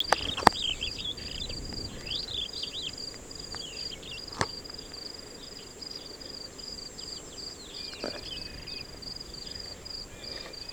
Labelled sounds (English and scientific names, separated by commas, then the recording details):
Superb Starling (Lamprotornis superbus) flight call
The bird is a male
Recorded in Kenya on 17 May 2010
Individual 14, of group CF2